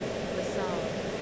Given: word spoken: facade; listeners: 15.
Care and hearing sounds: one English word in noise, from a listening test; speech-shaped noise; -6.9 dB; 0 of 15; 8 of 15; 0.82 s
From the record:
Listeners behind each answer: 8, 3, 1, 1, 1, 1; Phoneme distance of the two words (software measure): 30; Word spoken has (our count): 2 syllables, 5 phonemes, stress on syllable 2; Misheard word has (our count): 2 syllables, 5 phonemes, stress on syllable 1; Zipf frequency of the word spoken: 3.35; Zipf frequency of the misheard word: 3.69

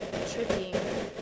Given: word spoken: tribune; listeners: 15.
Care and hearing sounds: one English word in noise, from a listening test; noise modulated by three-talker babble; -6.5 dB; 2 of 15; 6 of 15; 0.82 s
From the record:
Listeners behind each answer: 6, 3, 2, 2, 1, 1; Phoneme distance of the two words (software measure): 34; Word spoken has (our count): 2 syllables, 7 phonemes, stress on syllable 1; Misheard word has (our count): 2 syllables, 5 phonemes, stress on syllable 1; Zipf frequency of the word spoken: 2.80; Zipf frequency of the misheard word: 4.51

